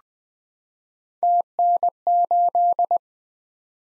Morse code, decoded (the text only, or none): TN8